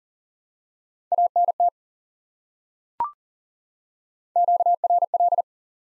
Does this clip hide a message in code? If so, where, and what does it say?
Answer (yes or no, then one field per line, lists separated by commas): yes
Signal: Morse code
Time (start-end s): 1.1-5.4 s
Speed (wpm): 40 wpm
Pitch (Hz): 700 Hz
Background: none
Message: ANT QRL